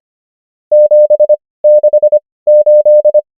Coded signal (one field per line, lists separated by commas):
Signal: Morse code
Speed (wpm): 25 wpm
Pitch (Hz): 600 Hz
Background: none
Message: 768